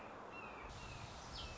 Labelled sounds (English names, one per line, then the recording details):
Red-shouldered Hawk
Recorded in Sonoma County, California